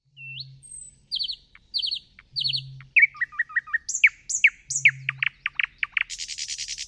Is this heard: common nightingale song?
yes